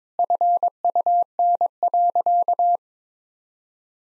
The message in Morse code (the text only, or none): FUN.